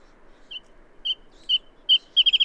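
Bird song: a few separate clear notes near the same pitch, spaced about half a second apart, then a quick run of five rapid repeated notes at the end.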